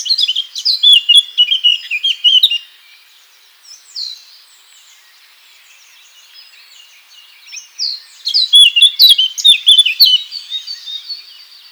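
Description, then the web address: Eurasian blackcap song: a loud burst of fast warbling with clear whistled notes, soft scattered notes in between, then a second rich, fluty phrase. "SETE Sylvia atricapilla"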